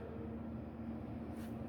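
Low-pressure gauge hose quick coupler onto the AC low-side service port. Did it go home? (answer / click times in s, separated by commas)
no / none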